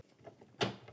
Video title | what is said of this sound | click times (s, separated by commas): Stitch BIGGER Designs on a 5x12 Inch Embroidery Hoop - Embrilliance Tutorial | Kind of snapped into place here. | 0.6 s